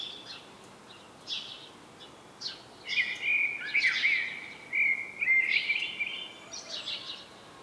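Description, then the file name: Common blackbird warbling in mellow, fluty notes, broken by short high chirps and sharp twitter notes before and after the main phrase. "Turdus merula"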